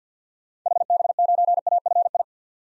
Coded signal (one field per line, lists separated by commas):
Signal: Morse code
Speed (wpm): 50 wpm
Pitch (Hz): 700 Hz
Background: none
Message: HB9AFI